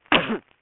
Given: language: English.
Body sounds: throat vibration sensor signal played as sound; cough

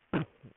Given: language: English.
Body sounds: throat vibration sensor signal played as sound; cough

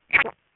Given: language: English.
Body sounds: throat vibration sensor signal played as sound; swallow

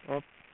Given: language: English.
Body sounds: throat vibration sensor signal played as sound; speech

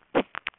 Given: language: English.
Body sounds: throat vibration sensor signal played as sound; cough

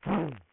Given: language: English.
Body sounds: throat vibration sensor signal played as sound; throat clearing

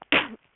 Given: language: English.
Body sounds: throat vibration sensor signal played as sound; cough

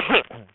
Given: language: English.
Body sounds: throat vibration sensor signal played as sound; cough

